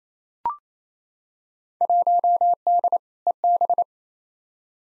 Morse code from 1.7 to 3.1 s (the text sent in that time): 1D